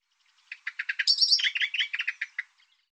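Bird song: one quick phrase of rapid chirping notes that climbs into a high whistled flourish in the middle, then drops back to lower staccato notes before stopping.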